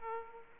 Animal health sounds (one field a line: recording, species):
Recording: mosquito wingbeat signal from an infrared sensor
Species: Aedes aegypti